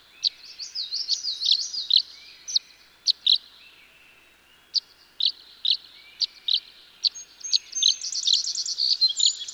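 Tree swallow giving a burst of liquid twittering, then spaced single chirps, then a rapid chattering twitter near the end.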